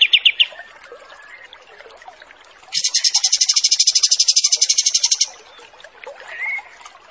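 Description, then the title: Pied triller song: a few quick notes, a quiet pause, then a high, fast, even trill lasting about two and a half seconds, with faint background chirps. Wild bird; master training audio for teaching song to other birds. "Masteran Kapas Tembak Liar"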